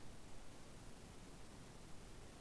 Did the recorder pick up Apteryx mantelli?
no